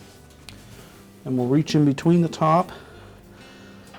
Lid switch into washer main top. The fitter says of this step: keeping the wire harness towards the front we'll hook it in and then press down on the back of it until it snaps into place